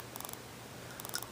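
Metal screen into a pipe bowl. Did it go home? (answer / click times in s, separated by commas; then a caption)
no / none. A small metal screen is being pushed lightly back into the bowl of a smoking pipe. Faint handling ticks come at about 0.2–0.3 s, with a slightly sharper tick near 1.2 s. The screen has not seated or clicked into place yet.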